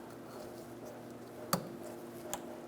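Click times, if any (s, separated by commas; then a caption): 1.5 s. The downstream oxygen sensor's electrical plug on a 2004–2009 Mazda 3 2.3L L4 is pushed into the mating harness connector under the car. Against a low steady background hum, a sharp click at 1.5 s marks the latch seating, followed by a fainter tick at 2.3 s. The connector is seated.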